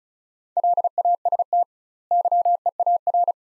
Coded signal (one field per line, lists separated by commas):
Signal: Morse code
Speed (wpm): 34 wpm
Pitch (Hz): 700 Hz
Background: none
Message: LAST YEAR